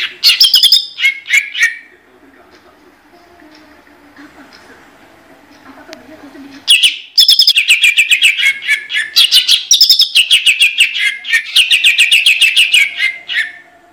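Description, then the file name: Leafbird song: opening bursts of rapid chatter, a quiet spell with faint low sound, then a long, dense stream of fast whistles and chirps. Competition-winning bird at national level. "suara cucak ijo juara nasional"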